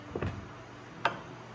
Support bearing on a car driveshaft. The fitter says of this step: there it goes you just heard it pop and